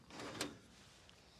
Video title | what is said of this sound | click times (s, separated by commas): The Ultimate Camping Kitchen? Full Breakdown by Our Designer! | uh just go past and it will lock into place there | 0.4 s